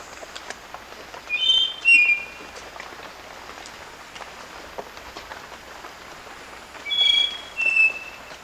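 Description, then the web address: Spotted nightingale-thrush song: two brief phrases of clear whistles separated by a long pause, with quiet hiss between. Ecuador. "Natures Songs S America Birds of Ecuador Spotted Nightingale-Thrush"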